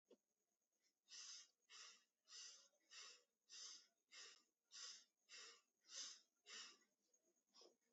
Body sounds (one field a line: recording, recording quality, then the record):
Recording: shallow breathing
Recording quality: excellent, no background noise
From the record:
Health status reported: healthy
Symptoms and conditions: diabetes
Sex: male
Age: 26 years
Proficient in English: yes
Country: India